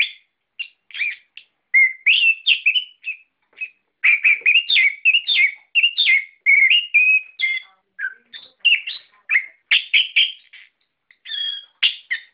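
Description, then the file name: Songbird song: rapid, varied warbling phrases of chirps and short whistled notes, broken by brief pauses. Masteran song for training cage birds. "ak masteran"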